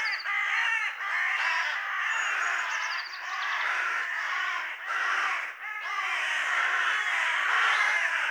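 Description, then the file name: Carrion Crow producing continuous harsh, grating cawing with almost no pauses, rough and noisy throughout. "Corvus corone"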